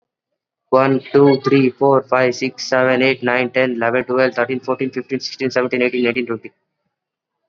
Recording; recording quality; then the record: counting at a fast pace; moderate, slight background noise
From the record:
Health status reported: COVID-19 positive, mild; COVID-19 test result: positive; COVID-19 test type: RT-PCR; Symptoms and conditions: cough, fever, fatigue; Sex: male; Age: 18 years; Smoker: no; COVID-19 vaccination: both doses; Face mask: worn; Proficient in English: yes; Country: India